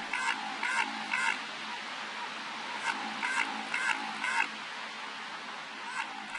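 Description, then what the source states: Antarctic minke whale bio-duck sound: rhythmic bursts of quick, quacking pulses, repeated about every half second in runs, over a steady hiss. Heard simultaneously in the eastern Weddell Sea off Antarctica and off western Australia; long thought human-made; source identified in 2014 after over 50 years; purpose unknown.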